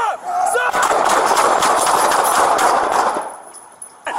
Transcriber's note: gunshots